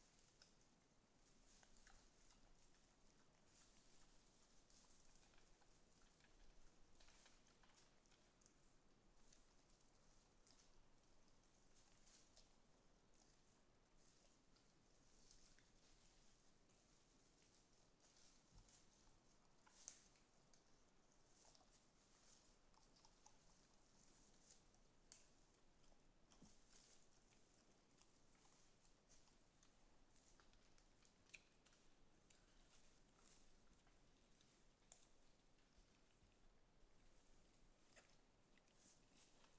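A wild boar feeds, with steady rustling and a dense patter of small crunches and clicks through the whole recording. A sharper snap stands out around twenty seconds, over a constant soft outdoor hiss.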